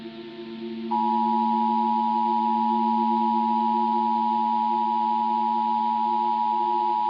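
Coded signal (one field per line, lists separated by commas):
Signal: Emergency Alert System (SAME) tones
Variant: 853 and 960 Hz attention tone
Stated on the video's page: Fake, hypothetical alert scenario about a firestorm hidden by blowing dust.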